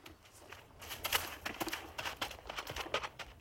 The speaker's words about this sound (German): Der Baron wandte sein Pferd, zog die Zügel an und ritt langsam davon.